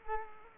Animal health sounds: mosquito wingbeat signal from an infrared sensor; Culex quinquefasciatus

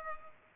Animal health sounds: mosquito wingbeat signal from an infrared sensor; Culex pipiens

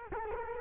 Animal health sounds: mosquito wingbeat signal from an infrared sensor; Culex quinquefasciatus

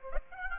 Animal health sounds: mosquito wingbeat signal from an infrared sensor; Aedes aegypti

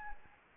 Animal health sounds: mosquito wingbeat signal from an infrared sensor; Anopheles gambiae

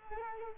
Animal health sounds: mosquito wingbeat signal from an infrared sensor; Culex quinquefasciatus

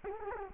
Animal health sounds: mosquito wingbeat signal from an infrared sensor; Culex quinquefasciatus

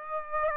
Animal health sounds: mosquito wingbeat signal from an infrared sensor; Aedes aegypti

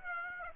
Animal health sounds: mosquito wingbeat signal from an infrared sensor; Aedes aegypti

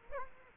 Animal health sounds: mosquito wingbeat signal from an infrared sensor; Culex quinquefasciatus

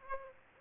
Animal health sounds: mosquito wingbeat signal from an infrared sensor; Aedes aegypti

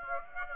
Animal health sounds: mosquito wingbeat signal from an infrared sensor; Aedes aegypti

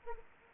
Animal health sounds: mosquito wingbeat signal from an infrared sensor; Anopheles arabiensis

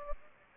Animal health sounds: mosquito wingbeat signal from an infrared sensor; Anopheles gambiae

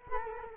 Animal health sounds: mosquito wingbeat signal from an infrared sensor; Culex quinquefasciatus

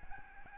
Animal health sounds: mosquito wingbeat signal from an infrared sensor; Aedes albopictus

